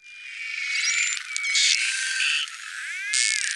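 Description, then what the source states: Narwhal whistles: thin tonal whistles, some held and some rising and falling, with buzzy pulsed bursts and a rasping sweep near the end over steady hiss. Narwhals off the east coast of Greenland.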